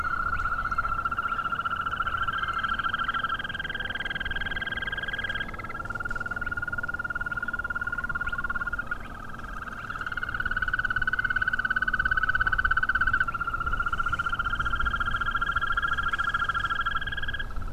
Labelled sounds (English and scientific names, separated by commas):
Green Toad (Bufo viridis)